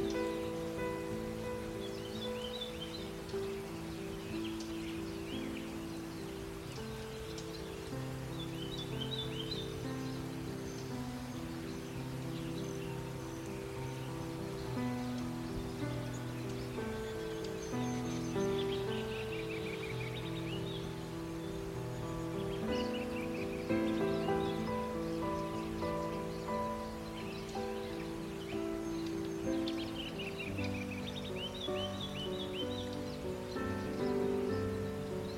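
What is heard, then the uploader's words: Soft, sustained music with low held notes plays steadily through the whole stretch, over a constant hiss of wind in the forest. Bright bird chirps and short trills come and go above it, clustered around a few moments rather than continuous. FOREST Ambience with Beautiful MUSIC. The sound of the forest with birds singing and the wind accompanied by beautiful music.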